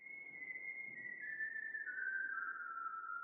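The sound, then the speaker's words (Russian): Someone whistles a slow, mournful tune, a sad dove song, with long held notes stepping gradually downward in pitch. The whistle is clear and steady, with no talking, over a faint low background hum. “увидела за узким окном Этти, насвистывающую печальную голубиную песню”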